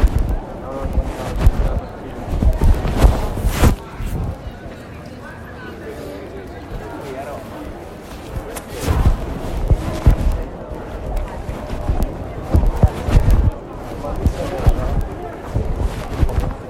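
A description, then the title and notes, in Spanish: Busy Piazza del Popolo near Santa Maria: a steady crowd murmur with voices, footsteps and sharp knocks recurring every few seconds. XVI. Piazza del Popolo. La Piazza del Popolo cuando nos acercamos a la basílica de Santa Maria.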